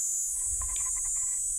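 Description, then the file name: Cicada song, a steady high-pitched continuous buzz throughout, with a few faint brief tonal notes in the middle and low rumble beneath. Recorded at Steytlerville. "P plumosa Steydtlerville"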